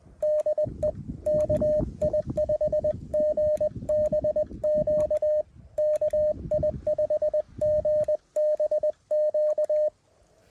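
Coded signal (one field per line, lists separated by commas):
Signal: Morse code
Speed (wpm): 20 wpm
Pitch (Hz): 590 Hz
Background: none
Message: DE KI5GBQ KI5GBQ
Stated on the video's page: CW POTA activation on a hike-in summit in the Wichita Mountains.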